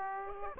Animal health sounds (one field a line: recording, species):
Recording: mosquito wingbeat signal from an infrared sensor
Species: Aedes aegypti